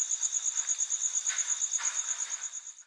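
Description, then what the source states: Cricket giving rapid, shrill pulsed chirps, with a few soft whooshing noises underneath. Crickets at night in an urban setting in the USA.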